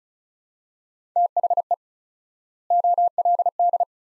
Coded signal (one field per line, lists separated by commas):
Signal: Morse code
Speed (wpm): 36 wpm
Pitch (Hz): 700 Hz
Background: none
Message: THE OLD